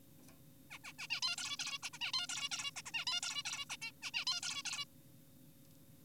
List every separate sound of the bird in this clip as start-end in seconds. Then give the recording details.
0.71-0.78, 0.84-0.92, 0.99-1.08, 1.10-1.20, 1.22-1.36, 1.38-1.56, 1.59-1.79, 1.83-1.90, 1.93-1.99, 2.01-2.12, 2.14-2.27, 2.29-2.49, 2.52-2.71, 2.76-2.82, 2.86-2.91, 2.94-3.05, 3.07-3.21, 3.23-3.43, 3.45-3.65, 3.70-3.77, 3.82-3.92, 4.02-4.11, 4.14-4.25, 4.27-4.41, 4.43-4.63, 4.65-4.85. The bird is an adult. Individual g4p5U